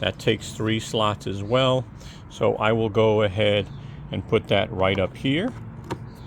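Someone talks while handling a plastic pass-through long tool holder piece for a ToughBuilt StackTech modular toolbox, positioning it against three slots on the toolbox. There are faint handling rattles under the speech, but the piece has not snapped or seated into the slots yet.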